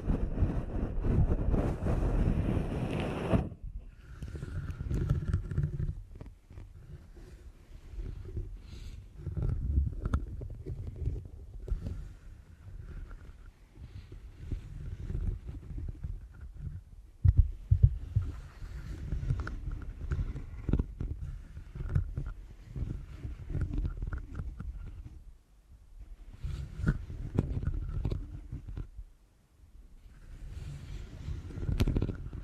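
Deep ear canal massage made of muffled, rumbling rubs and pressing sounds, mostly low and thick, with soft crackles above. A brighter, fuller scrubbing opens the first few seconds, then the rubbing comes in uneven waves with brief quiet gaps near 26 and 29 seconds.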